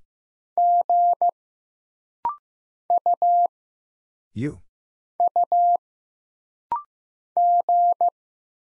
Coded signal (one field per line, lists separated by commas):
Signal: Morse code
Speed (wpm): 15 wpm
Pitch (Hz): 700 Hz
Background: none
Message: G U U G